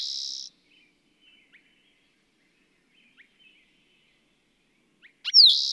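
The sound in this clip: Bird sounds: a buzzy trill ending, scattered faint chips, then a sharp, loud high note at the end.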